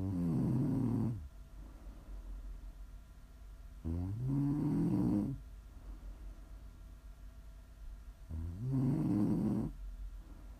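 Three loud, low, buzzing snores from an adult, about four seconds apart, roughly 14 a minute, with quiet breathing between; ASMR snoring.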